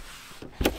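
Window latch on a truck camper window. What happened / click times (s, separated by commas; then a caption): The window latch clicks open / 0.7 s. The window latch on a truck camper window is worked to open it, giving one sharp, broadband click at 0.7 s after a quiet stretch with a faint low knock near 0.4 s. The latch clicks open and the window is released.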